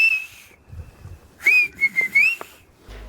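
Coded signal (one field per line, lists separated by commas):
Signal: whistled language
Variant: Canarian whistled Spanish (silbo)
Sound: a short phrase of loud gliding whistles, rising and falling, after a faint whistle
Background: quiet room noise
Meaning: David, come and eat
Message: David Ven a comer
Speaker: Entonces vamos a irlo escuchando David Ven a comer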